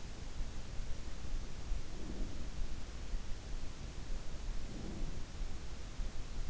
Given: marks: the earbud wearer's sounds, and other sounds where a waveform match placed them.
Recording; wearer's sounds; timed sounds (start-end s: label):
sounds in sleep by an in-ear microphone; breath
1.80-2.76 s: breath
4.43-5.27 s: breath